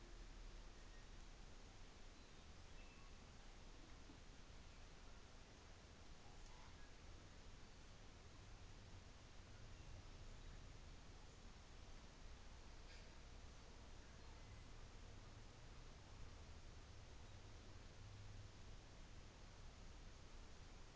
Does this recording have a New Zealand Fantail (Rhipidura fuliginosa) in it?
no